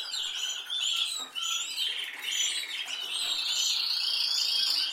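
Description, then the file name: Canary song, dense rolling trills ending in a long high buzzy roll. "Canary Voice"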